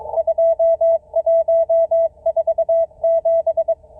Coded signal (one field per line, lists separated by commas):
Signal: Morse code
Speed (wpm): 24 wpm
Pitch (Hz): 660 Hz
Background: none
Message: 2147